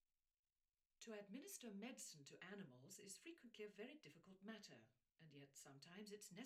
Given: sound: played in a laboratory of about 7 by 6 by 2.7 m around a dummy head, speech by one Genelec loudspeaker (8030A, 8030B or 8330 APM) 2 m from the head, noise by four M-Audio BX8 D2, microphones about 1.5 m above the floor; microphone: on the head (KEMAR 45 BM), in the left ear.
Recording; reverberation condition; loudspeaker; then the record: female speech in English; low; in front (0 degrees)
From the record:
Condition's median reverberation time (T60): about 310 ms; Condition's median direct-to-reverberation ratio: about 3.5 dB